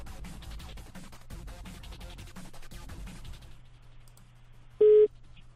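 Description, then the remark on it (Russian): Rustling, clattering handling noise gives way to a low steady hum, then one short, loud, mid-pitched telephone tone sounds near the end, a ringback beep as someone calls a person back on the phone. “Сейчас ему перезвоню.”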